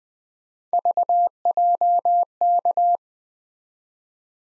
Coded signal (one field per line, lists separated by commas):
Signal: Morse code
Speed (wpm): 21 wpm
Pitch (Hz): 700 Hz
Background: none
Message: VJK